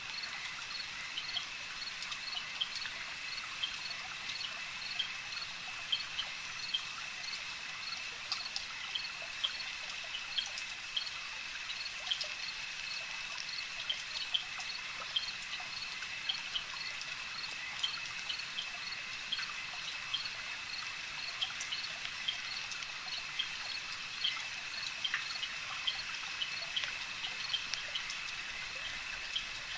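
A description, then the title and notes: A dense night chorus of frogs trills steadily in a swamp, a constant high shimmer with faint clicks and a soft trickling undertone. Frogs Night Swamp Sounds - Hamford Water National Nature Reserve, UK.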